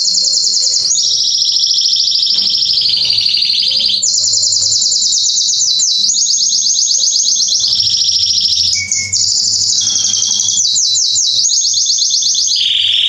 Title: Esquente Seu Filhote E Canario Belga Em 30 Minutos Macho Cantando Muito